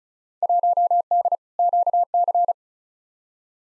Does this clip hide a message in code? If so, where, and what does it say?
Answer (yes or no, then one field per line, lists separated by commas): yes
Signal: Morse code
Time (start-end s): 0.4-2.5 s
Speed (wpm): 34 wpm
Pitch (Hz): 700 Hz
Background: none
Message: 1D QC